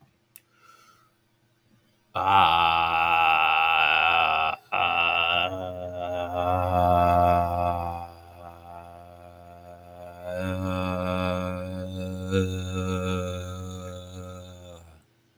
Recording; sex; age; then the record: vowel held as long as possible; male; 20 to 29 years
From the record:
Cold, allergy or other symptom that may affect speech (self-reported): no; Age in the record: 20 years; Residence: Texas, United States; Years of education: 14